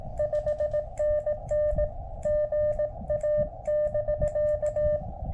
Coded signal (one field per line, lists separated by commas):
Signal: Morse code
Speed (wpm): 17 wpm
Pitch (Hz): 600 Hz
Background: music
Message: 5NN GA<BK>